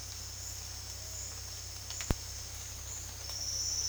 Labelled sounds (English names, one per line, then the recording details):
none
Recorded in dense forest near Puerto Asís, Putumayo, Colombia, on 18 February 2024 at 14:00
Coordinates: 0.485, -76.322
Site G6406